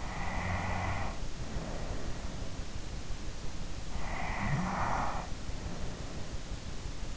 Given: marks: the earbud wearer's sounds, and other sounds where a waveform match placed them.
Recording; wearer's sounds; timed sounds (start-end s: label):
sounds in sleep by an in-ear microphone; snoring breath
0.00-2.28 s: snoring breath
4.03-6.50 s: snoring breath